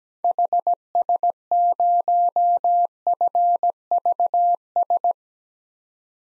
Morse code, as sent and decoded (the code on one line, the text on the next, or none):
.... ... ----- ..-. ...- ...
HS0FVS